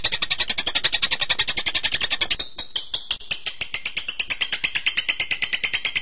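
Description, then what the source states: Bird song: a fast, high chattering trill, a short choppy pause midway, then the rapid pulsing twitter resumes. Masteran recording used to train birds.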